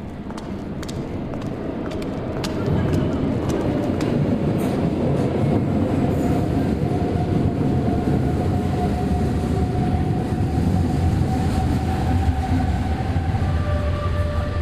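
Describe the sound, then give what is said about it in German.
A subway train rumbles into a station, a dense low roar swelling after a couple of seconds, with rattling clatter, sharp metallic clicks and a thin brake squeal whining steadily above. “Betritt Isabel eine U-Bahn-Unterführung. Sie steigt in die ankommende Bahn.”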